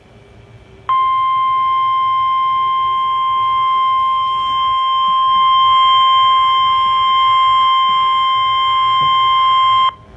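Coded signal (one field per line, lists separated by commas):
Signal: Emergency Alert System (SAME) tones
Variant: 1050 Hz attention tone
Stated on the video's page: Valid EAS tones, several alerts.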